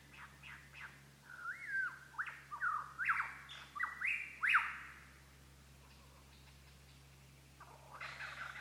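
Lyrebird song: a run of loud whistled notes that sweep up and down, given in quick, uneven succession, then a pause and a further noisy note at the end.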